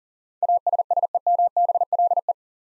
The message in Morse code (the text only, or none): ASSEMBLE